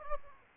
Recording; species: mosquito wingbeat signal from an infrared sensor; Aedes aegypti